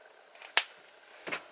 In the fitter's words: just snaps right in.